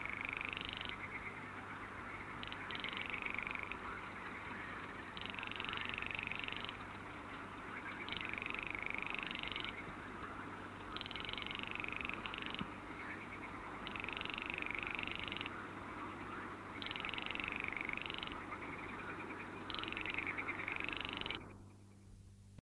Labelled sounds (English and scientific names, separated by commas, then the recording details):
Baillon's Crake (Porzana pusilla) song
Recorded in the wild
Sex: male
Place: Wülfeler Wiesen, Niedersachsen, DE
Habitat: wetland
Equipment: Halbspur, 9,5 cm/s
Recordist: Lütgens, Hans